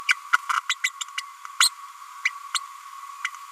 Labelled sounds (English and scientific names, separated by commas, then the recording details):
Green-rumped Parrotlet (Forpus passerinus) babbling
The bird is a female
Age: 31 days
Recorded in a nest box in Venezuela
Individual 17B102A6